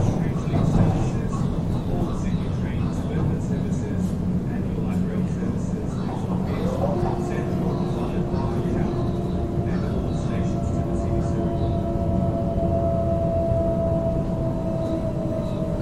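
A Sydney train rolls on with a steady, dense low rumble and rattle throughout, while people talk over it. Around the seventh second a rising tone settles into a sustained whine that holds to the end, with scattered clicks and knocks above.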